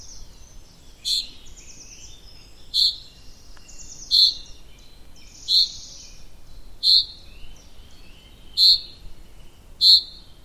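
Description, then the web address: Bird calling with a bright, high chirp repeated about every one and a half seconds, each one trailed by softer twittering notes, against a quiet background. "Bird Only"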